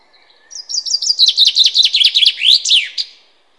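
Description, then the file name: Common chaffinch delivers a cheerful cascading song: high notes that step downward, speed into a dense trill, then finish with a looping flourish. "Fringilla coelebs"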